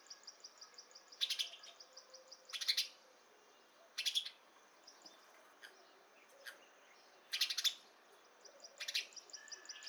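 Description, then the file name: House sparrow calling with loud, rough chirps roughly every one and a half seconds, over faint high twittering from other birds. "Passer domesticus"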